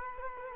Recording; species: mosquito wingbeat signal from an infrared sensor; Culex quinquefasciatus